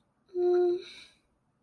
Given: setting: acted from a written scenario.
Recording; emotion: vocal sound without words; guilt